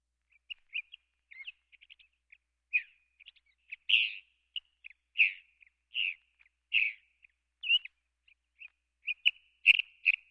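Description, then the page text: California thrasher singing a long, varied string of chirps, whistles and harsh notes, phrases changing constantly with short pauses. "California Thrasher. Quick Sounds"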